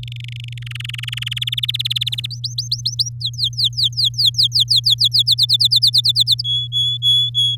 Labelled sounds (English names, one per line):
Domestic Canary song